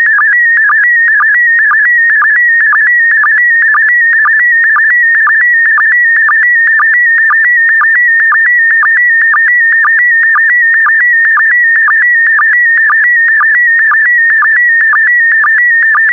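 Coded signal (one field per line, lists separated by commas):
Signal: SSTV (slow-scan television)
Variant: PD120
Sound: warbling tone around 2 kHz with regular low blips about twice a second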